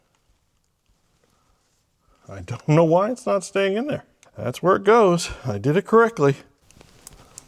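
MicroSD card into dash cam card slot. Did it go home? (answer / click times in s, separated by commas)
yes / 7.1 s, 7.4 s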